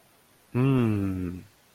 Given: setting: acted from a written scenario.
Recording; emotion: vocal sound without words; romantic love